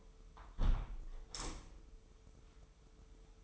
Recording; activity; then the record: daily activity, microphone in the room; close window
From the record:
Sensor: 1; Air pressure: 995.8 hPa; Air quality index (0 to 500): 53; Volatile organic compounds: 2 ppm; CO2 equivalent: 1004 ppm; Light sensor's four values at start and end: 30/103/39/41 and 30/103/39/41